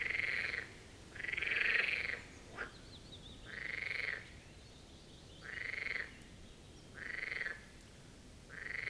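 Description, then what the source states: Marsh frog croaking: several rattling, grating bursts of about half a second to a second, with quiet gaps between. A chorus at the Birkensee, Schönbuch, Germany, recorded on one of the first proper hot summer days of 2023.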